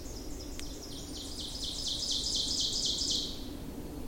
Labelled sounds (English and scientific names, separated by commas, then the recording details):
Ovenbird (Seiurus aurocapilla) song
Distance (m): 35 m
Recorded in boreal forest in Alberta, Canada, on 26 May 2016 at 07:54
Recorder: SongMeter 3, array SBT-3-15
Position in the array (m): 52 m, 221 m
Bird 20